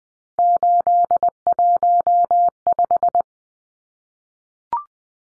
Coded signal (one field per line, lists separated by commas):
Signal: Morse code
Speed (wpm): 20 wpm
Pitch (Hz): 700 Hz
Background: none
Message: 815